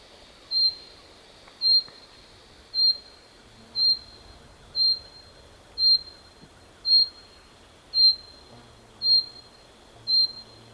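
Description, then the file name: Common chaffinch calling: a short, high, thin whistled note repeated steadily about once a second, ten notes in all. "Fringilla coelebs"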